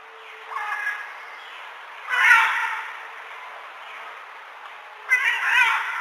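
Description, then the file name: Military macaw harsh squawks, two loud grating calls a few seconds apart, with a fainter call before them. "canto del guacamayo militar"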